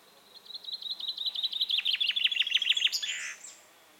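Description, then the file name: Common chaffinch song: a rolling trill of bright notes descending toward a short flourish. "Fringilla coelebs"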